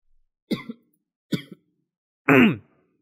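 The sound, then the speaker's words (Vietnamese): Two short, sharp coughs, each with a quick double burst, followed by a louder, longer voiced throat clearing whose rough tone slides downward in pitch. No talking. “tự nhiên sáng tới giờ Lát ho quá”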